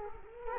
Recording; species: mosquito wingbeat signal from an infrared sensor; Culex quinquefasciatus